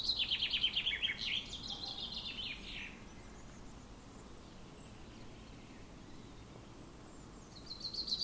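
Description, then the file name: Common chaffinch song: a fast trill of high repeated notes slipping lower into a falling flourish, followed by quiet and the start of another trill. "Fringilla coelebs"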